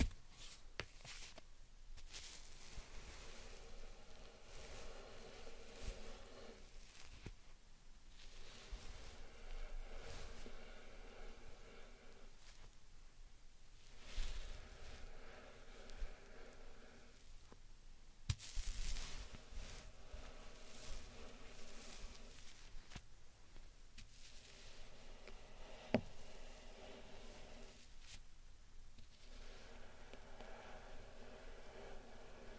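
Slime and sand are worked in repeated squishy, crackling passes, each lasting several seconds, broken by short quiet pauses around 2, 7, 13, 23 and 28 seconds. The texture is dense and gritty throughout, with a couple of sharp clicks near 18 and 26 seconds.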